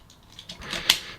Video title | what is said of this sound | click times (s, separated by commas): Transformers Prime RID Thundertron Review | down until it soft clicks into place bring the robot mode head up | 0.9 s